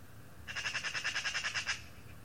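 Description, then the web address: Eurasian magpie giving a rapid harsh rattling chatter of about a dozen dry notes over roughly a second, over a low background hum. "cianscape birddata Deverinetal 2025"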